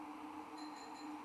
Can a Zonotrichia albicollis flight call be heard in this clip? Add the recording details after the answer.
no. No flight call is heard. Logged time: 00:41 on 13 December 2014